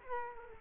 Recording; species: mosquito wingbeat signal from an infrared sensor; Culex quinquefasciatus